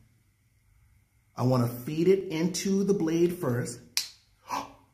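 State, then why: Seated. Someone talks while feeding a nano magnetic zero guard with a single magnet onto the front of an Andis hair clipper blade and pressing it down. The guard snaps into place with one sharp click at 4.0 s, like a seat belt latching, and is seated on the blade.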